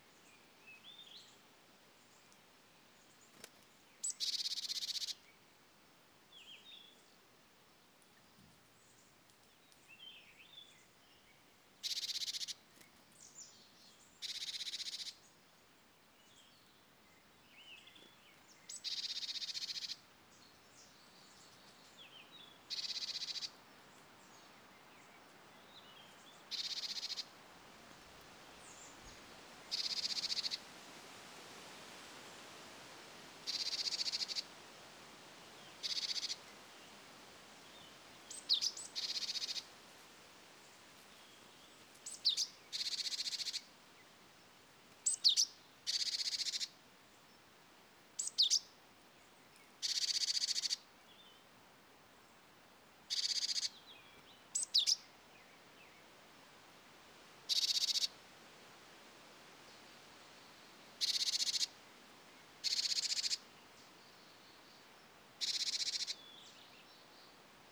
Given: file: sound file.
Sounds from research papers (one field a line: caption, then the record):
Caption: Alarm calls of Jilin-tits in response to sparrowhawk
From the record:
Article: Geographic Variation in Note Types of Alarm Calls in Japanese Tits (Parus minor)